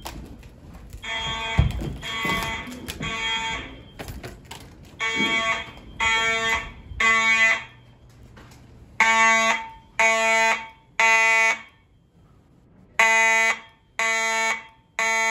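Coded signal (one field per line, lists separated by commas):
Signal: alarm pattern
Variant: mechanical fire alarm horns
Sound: harsh buzzing horn blasts in groups of three with pauses, after a muddled start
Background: indoor reverberation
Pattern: temporal three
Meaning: Temporal-three fire evacuation signal (a fire alarm test)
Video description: The horn strobes chosen were Siemens U-HN mechanical horn strobes in the hallways (possibly Harrington rebrands) and wheelock MIZ-LSM horn strobes in the classrooms.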